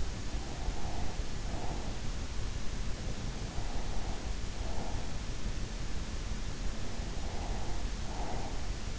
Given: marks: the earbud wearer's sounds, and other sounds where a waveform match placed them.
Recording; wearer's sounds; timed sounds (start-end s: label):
sounds in sleep by an in-ear microphone; breath
0.42-2.16 s: breath
3.48-5.54 s: breath
6.99-8.99 s: breath